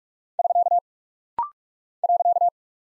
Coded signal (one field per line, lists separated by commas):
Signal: Morse code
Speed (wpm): 46 wpm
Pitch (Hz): 700 Hz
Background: none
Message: <SK> .